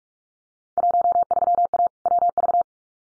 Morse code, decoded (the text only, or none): 13A WV